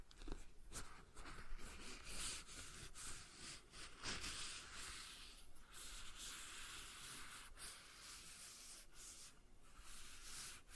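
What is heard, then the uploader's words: A stress ball is squeezed and rubbed, with dense, crinkly rustling and brief sharper squishes every second or so. ASMR Relaxing Stress Ball Sounds (No Talking).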